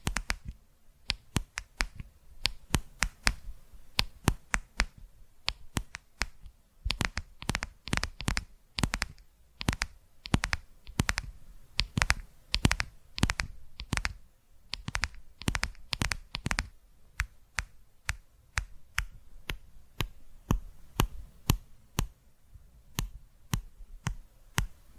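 ASMR tapping: sharp, crisp taps land in quick irregular bursts, each a bright click with a soft thud beneath. The taps come thickest through the middle stretch, then thin out into sparser groups near the end, with quiet gaps between.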